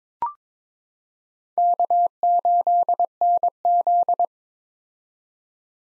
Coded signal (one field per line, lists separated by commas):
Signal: Morse code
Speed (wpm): 22 wpm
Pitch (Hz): 700 Hz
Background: none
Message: K8NZ